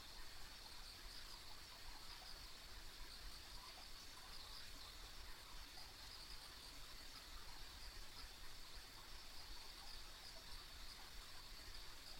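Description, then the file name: Insects produce a constant high trill with scattered ticks, layered over a soft, rushing low background noise. Ambient insect sounds on a country road. "田舎道の虫の環境音"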